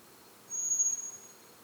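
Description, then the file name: Common blackbird single very high, thin, steady whistled note lasting about a second, heard over quiet background hiss. "Turdus merula"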